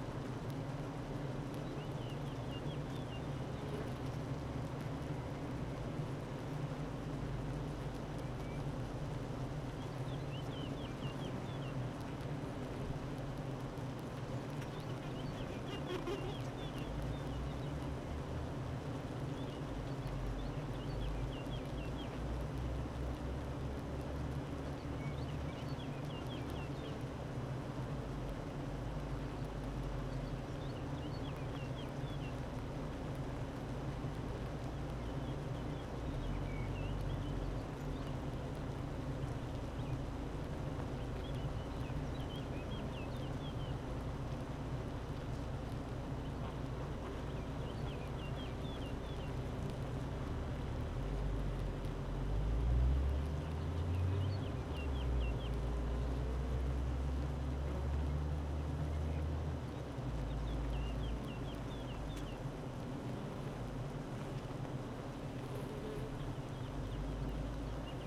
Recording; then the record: honeybee colony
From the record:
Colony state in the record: active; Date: 12 June 2018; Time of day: 9:05